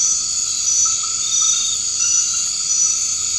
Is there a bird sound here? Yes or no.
no